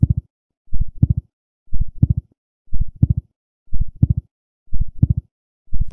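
Steady, deep thudding beats of an adult heartbeat at about 60 a minute, each a tight lub-dub cluster separated by near silence. A sound effect of a slow, regular heartbeat.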